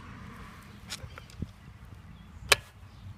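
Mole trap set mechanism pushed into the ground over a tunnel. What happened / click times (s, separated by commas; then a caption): The metal trap's set latch clicked into place / 2.5 s. A metal jaw mole trap is set into a tunnel in the ground after the indentation is deepened with a heel, then pushed down with a foot until its set mechanism clicks. Faint earlier taps are heard, then a sharp, bright click at 2.5 s. The trap stays down, so it is set.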